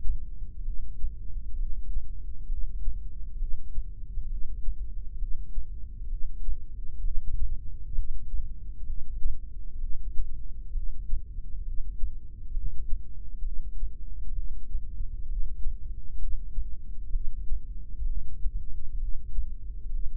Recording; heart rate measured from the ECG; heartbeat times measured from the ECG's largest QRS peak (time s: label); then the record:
heart sounds by microphone in the left ear; 65 bpm
0.65 s: heartbeat
1.58 s: heartbeat
2.49 s: heartbeat
3.39 s: heartbeat
4.30 s: heartbeat
5.20 s: heartbeat
6.10 s: heartbeat
7.03 s: heartbeat
7.96 s: heartbeat
8.87 s: heartbeat
9.81 s: heartbeat
10.75 s: heartbeat
11.66 s: heartbeat
12.54 s: heartbeat
13.44 s: heartbeat
14.36 s: heartbeat
15.28 s: heartbeat
16.20 s: heartbeat
17.13 s: heartbeat
18.07 s: heartbeat
19.00 s: heartbeat
19.92 s: heartbeat
From the record:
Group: heart failure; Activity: rest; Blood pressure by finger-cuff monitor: 133/93 mmHg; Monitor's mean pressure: 107 mmHg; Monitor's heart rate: 65 bpm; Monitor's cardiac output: 6 L/min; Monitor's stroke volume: 92 mL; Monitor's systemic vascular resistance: 1330 dyn s/cm5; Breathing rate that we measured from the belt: 17 breaths a minute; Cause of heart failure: idiopathic cardiomyopathy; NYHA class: 1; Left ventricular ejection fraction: 50%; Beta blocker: bisoprolol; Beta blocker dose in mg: 5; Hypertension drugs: candesartan, spironolactone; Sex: male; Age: 54 years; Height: 180 cm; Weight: 94.6 kg